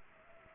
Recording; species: mosquito wingbeat signal from an infrared sensor; Culex pipiens